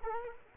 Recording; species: mosquito wingbeat signal from an infrared sensor; Culex quinquefasciatus